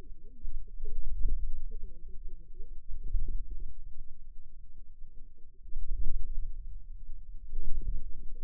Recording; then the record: forearm muscle sounds (acoustic myography)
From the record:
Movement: inward rotation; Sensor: system 2, bracelet of six BSWA MPA416 microphones around the upper forearm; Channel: 1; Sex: female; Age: 21 years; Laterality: right